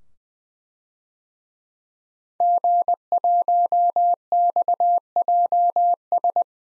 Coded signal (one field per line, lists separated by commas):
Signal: Morse code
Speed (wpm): 20 wpm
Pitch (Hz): 700 Hz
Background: none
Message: G1XJS